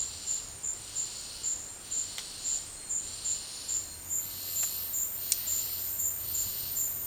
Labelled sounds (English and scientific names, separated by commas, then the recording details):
none
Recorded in dense forest near Puerto Asís, Putumayo, Colombia, on 22 December 2024 at 12:00
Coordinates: 0.485, -76.318
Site GP03